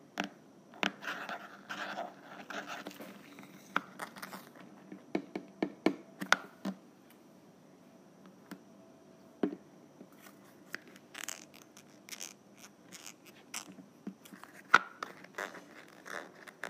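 A lid is unscrewed in a series of short gritty scrapes and clicks, busiest in the first seven seconds, then sparser with a few sharp ticks around 6, 9 and 15 seconds. Faint steady hum sits underneath throughout.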